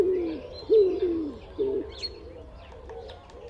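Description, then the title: Common Wood Pigeon cooing, a few deep rounded notes at the start fading away, while small birds call thinly in the background. Cooing call of five syllables, with the stress on the second. "Viikon luontoääni: Sepelkyyhky"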